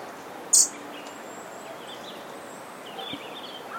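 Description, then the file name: European robin uttering a single short, sharp, very high call note near the start, followed by faint scattered chirps against a steady hiss. "Erithacus rubecula"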